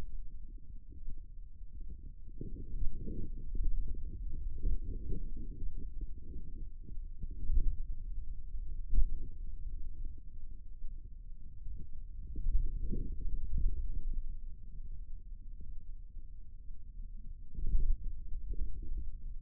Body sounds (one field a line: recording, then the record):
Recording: forearm muscle sounds (acoustic myography)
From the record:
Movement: pen grasping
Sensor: system 2, bracelet of six BSWA MPA416 microphones around the upper forearm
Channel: 3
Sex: male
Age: 22 years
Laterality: right